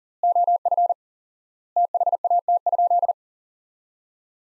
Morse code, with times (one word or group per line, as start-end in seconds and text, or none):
0.2-0.9 OF
1.8-3.1 THAT?